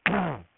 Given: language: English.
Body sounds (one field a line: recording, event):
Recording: throat vibration sensor signal played as sound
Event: throat clearing